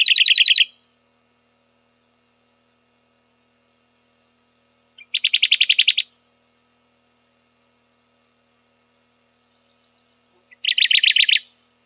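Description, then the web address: Radde's warbler singing three loud, rapid trills of repeated notes, about one every five seconds, with silence between them. "Phylloscopus schwarzi"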